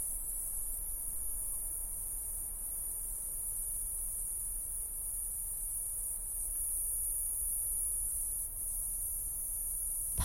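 Cicadas droning in a continuous, high-pitched shrill buzz that holds steady throughout, over a low background rumble.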